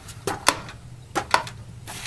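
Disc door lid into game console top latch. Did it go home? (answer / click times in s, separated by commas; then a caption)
no / none. The plastic disc door lid of a Sony PlayStation 1 is closed and pressed down onto the console's top latch, producing two pairs of sharp taps at about 0.3 and 0.5 s and again at about 1.2 and 1.3 s. The lid does not catch, so nothing has latched.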